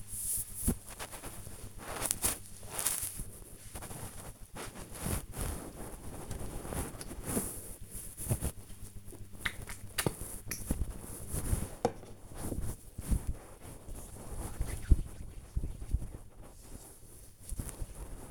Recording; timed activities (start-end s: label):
household activities, microphone on the right wrist
5.23-18.31 s: disinfecting hands